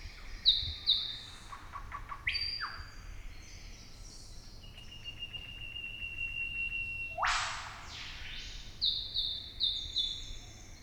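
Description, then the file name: Eastern whipbird whip call: a long, steady whistled note ending in a sharp, explosive whip-crack sweep, with assorted chirps and whistles from other birds around it. "Psophodes Olivaceus"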